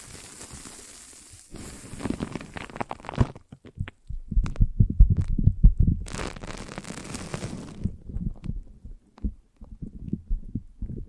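Close, sticky foam sounds squish and crackle in uneven bursts, with soft low thumps and rubbing beneath. A hissy fizz fills the first second and a half, and the squelching grows busiest between about four and eight seconds before thinning into scattered wet taps.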